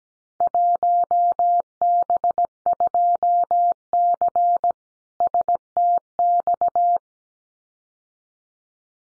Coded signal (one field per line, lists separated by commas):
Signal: Morse code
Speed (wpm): 17 wpm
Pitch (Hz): 700 Hz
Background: none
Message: 1B2C STX